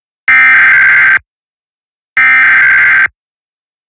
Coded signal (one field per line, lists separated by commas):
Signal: Emergency Alert System (SAME) tones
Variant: header bursts